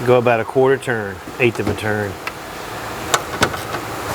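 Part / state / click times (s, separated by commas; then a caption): wiring harness connector onto engine sensor/component socket / seated / 3.1 s, 3.4 s. During engine reassembly, plastic wiring harness connectors are pushed back onto their engine sensor and component sockets. Someone talks over the first two seconds, then two sharp snaps are heard at 3.1 s and 3.4 s as the connectors seat.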